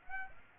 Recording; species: mosquito wingbeat signal from an infrared sensor; Aedes aegypti